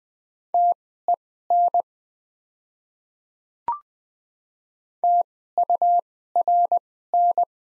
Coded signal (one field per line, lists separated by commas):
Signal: Morse code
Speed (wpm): 20 wpm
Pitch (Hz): 700 Hz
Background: none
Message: TEN TURN